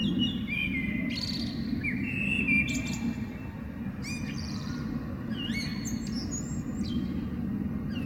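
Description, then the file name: Eurasian blackbird song with fluty whistled phrases and scratchy high flourishes, repeated several times over a steady low rumble of background noise. Recorded 21 February 2023. "amsel 20230221"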